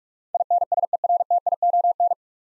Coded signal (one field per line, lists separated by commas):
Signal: Morse code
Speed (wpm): 45 wpm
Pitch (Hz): 700 Hz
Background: none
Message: INSERTION